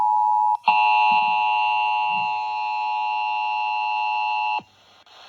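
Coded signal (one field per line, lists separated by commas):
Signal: Emergency Alert System (SAME) tones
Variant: 853 and 960 Hz attention tone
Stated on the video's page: Required Monthly Tests received over a single night.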